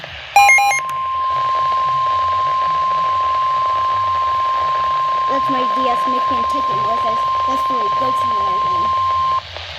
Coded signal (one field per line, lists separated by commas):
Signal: Emergency Alert System (SAME) tones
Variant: 1050 Hz attention tone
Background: speech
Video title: Severe Thunderstorm Warning ( EAS 195) Feb 6, 2020